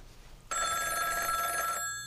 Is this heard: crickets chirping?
no